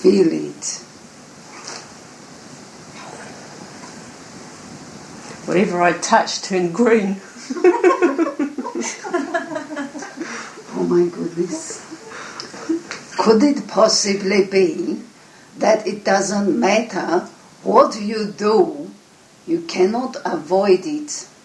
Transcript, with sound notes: Feel it. Whatever I touched turned green! (Everyone laughs.) Oh my goodness! Could it possibly be that it doesn't matter what you do, you cannot avoid it?